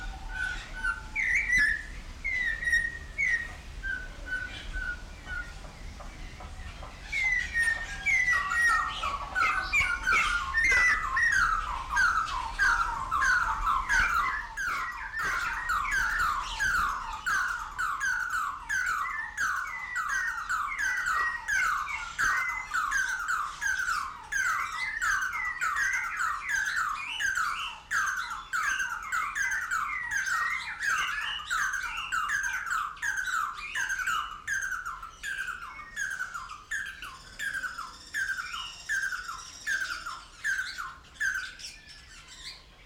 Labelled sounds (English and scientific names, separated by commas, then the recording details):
Snowy-crowned Robin-Chat (Cossypha niveicapilla)
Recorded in captivity
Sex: male
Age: adult
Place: Zoo Berlin, Berlin, DE
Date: 1992-12-25
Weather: heiter, -7°C
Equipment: Marantz CP 430, Sennheiser ME 80, Kopie Uher Variocord 263
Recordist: Tembrock, Günter